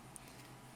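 During transformation of a plastic Transformers Studio Series '86 Voyager Class Wreck-Gar action figure, a panel is brought down so its tab seats into its slot. A single sharp click is heard at 0.2 s over a steady low background hum, and the panel tabs into place.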